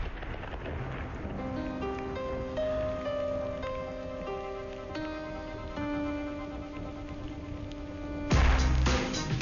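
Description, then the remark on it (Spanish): Sustained, layered synth chords play over a steady rain-like storm hiss, then a loud, low rumbling burst like a gunshot breaks in near the end; the storm and gunshot sounds are part of a song, not a video game. “oído tormenta y no sabía de dónde venían los tiros.”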